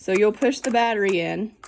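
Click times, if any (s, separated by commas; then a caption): none. Someone talks while a camera battery is being handled for insertion into a Canon camera's battery compartment, contacts first, toward a small spring latch that clicks to hold it in place before the door is closed. Only a faint, short tick is heard at 1.8 s after the talking stops. The battery has not seated and the latch has not clicked yet.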